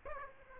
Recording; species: mosquito wingbeat signal from an infrared sensor; Aedes aegypti